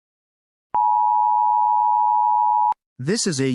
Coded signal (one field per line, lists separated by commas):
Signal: Emergency Alert System (SAME) tones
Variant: 853 and 960 Hz attention tone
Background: speech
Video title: EAS Scenario: UFOs